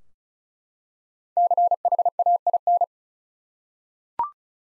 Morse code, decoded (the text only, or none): CHAIN